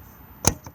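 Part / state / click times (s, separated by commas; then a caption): gas hose quick-connect plug into external BBQ gas point socket / seated / 0.5 s. A gas hose bayonet quick-connect plug is pushed into the external BBQ gas point socket on a 2021 Mobilvetta K-Yacht 85 caravan, giving a sharp click at 0.5 s followed by a fainter tap at 0.7 s. The plug locks into place, which allows the gas to be turned on.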